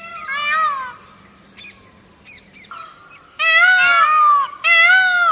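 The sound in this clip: Myna calls: soft chattering at first, then two loud, rich harmonic squawks near the end.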